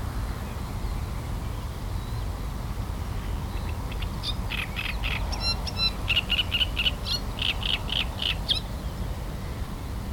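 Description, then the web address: Great reed warbler song building from quiet notes into a rapid series of rasping, repeated syllables lasting several seconds, against a persistent low-frequency rumble. Recorded on 23 June. "linnut rastaskerttunen 2306"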